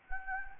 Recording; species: mosquito wingbeat signal from an infrared sensor; Anopheles gambiae